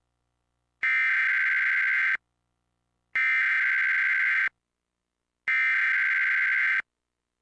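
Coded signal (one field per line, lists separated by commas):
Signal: Emergency Alert System (SAME) tones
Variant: header bursts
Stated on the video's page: Real Required Monthly Test relayed by KOAC-FM and by Charter Spectrum cable, recorded off air and from a cable tuner.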